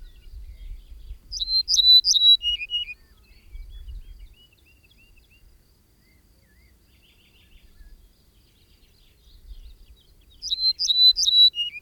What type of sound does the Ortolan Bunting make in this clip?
song